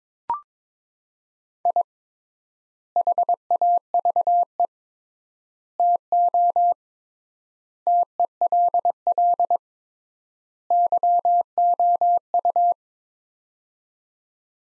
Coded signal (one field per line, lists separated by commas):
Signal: Morse code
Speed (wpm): 22 wpm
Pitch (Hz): 700 Hz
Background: none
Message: I HAVE TO TELL YOU